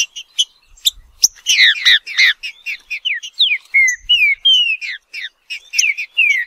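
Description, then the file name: Green-winged saltator song: a rapid run of bright chirps and down-slurred whistled notes, with scattered sharp clicks. "canto do trinca ferro"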